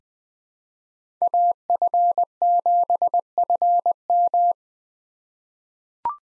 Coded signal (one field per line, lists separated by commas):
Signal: Morse code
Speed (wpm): 20 wpm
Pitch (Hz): 700 Hz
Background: none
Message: AF7FM